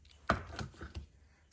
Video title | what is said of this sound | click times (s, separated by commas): 2008 Saturn Aura 3.6 Fuel Injector Replacement | Okay, push all your clips on. I don't like putting the locks back on because when they get older, they get brittle and then they crack. So just make sure that you hear them all click. | 0.3 s